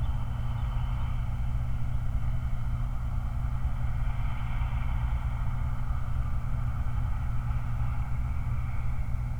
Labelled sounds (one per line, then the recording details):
truck
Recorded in the Prudhoe Bay oil fields, Alaska, on 29 July 2019
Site 29